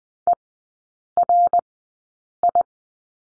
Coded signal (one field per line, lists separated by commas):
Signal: Morse code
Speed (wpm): 20 wpm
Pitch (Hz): 700 Hz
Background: none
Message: ERI